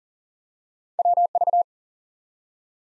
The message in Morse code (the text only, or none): WV